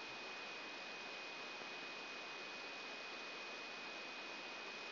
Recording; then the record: brain microelectrode recording played as sound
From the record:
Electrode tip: outside the subthalamic nucleus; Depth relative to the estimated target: -4 mm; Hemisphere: right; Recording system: AlphaMap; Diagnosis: Parkinson's disease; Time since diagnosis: 9 years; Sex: male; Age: 66 years